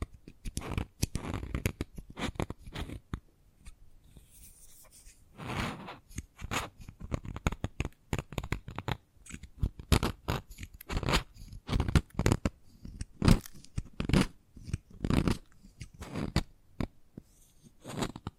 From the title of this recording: Chalk Sounds Tapping, Scratching, Carving etc